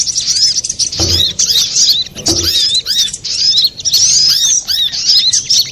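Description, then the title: Little spiderhunter singing a busy stream of shrill, squeaky chirps and quick slurred whistles, nearly continuous, with two faint low knocks early on. Masteran, used for training cage birds. "Masteran Burung Sogok Ontong Labaik"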